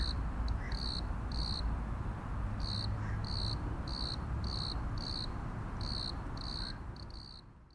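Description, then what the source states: Cricket giving short repeated chirps with a few gaps, steady background rumble fading toward the end. Crickets at Plaiaundi ecological park, Irún, Spain, on the border of the Spanish state.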